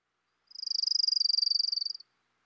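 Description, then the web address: Orange-crowned Warbler song: one bright, rapid trill of uniform notes, around one and a half seconds long, starting softly and holding steady before ending abruptly. "Dan Gibson Wildlife Identification By Sound, Western North America. Orange-Crowned Warbler"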